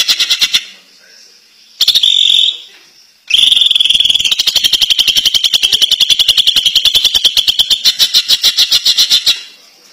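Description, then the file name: Greater green leafbird song: loud, rapid buzzy trills around a high pitch, short bursts at first, then one long rattling trill running several seconds without a break. Champion competition bird singing. "kicau cucak ijo juara"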